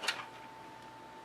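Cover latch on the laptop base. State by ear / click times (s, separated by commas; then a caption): not seated / none. A small plastic cover latch on the base of an HP EliteBook 820 G1 laptop is handled while being pushed over to lock the bottom cover. A brief sharp handling tick at about 0.1 s gives way to a quiet, steady tone with faint background noise. Nothing has clicked or seated yet.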